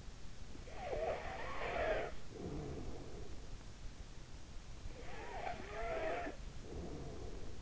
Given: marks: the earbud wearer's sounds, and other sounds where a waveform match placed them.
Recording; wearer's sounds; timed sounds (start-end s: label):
sounds in sleep by an in-ear microphone; snoring breath
0.68-3.71 s: snoring breath
4.71-7.62 s: snoring breath